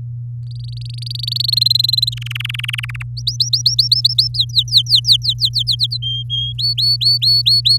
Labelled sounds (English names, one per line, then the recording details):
Domestic Canary song
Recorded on 4 May 2018 at 06:12
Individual llb16